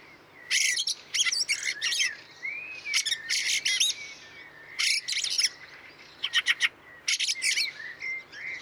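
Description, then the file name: Fieldfare calls: loud harsh chacking bursts in groups, with short thin whistled notes between them. Recorded 26 April 2014. "Wacholderdrossel 26 04 2014 Wank GAR Michle Pron"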